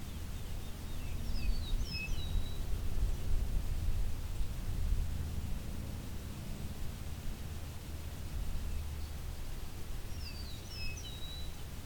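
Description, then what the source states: Eastern Meadowlark giving soft, sweet whistled phrases, one early and one late, half buried under constant low-pitched background noise. Seen and heard in a field beside a quarry.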